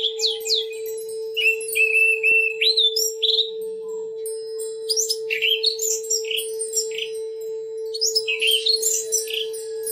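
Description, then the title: Oriental magpie-robin song: rich, varied whistled phrases with sweeping slurs, sharp chips and fluty notes in quick bursts, over a steady low electrical hum. "Kicau Kacer"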